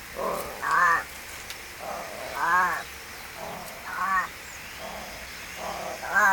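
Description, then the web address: Cat meowing repeatedly: several drawn-out, wavering meows, some rising and falling in pitch, over a soft background hiss. "Tierstimmen Katze"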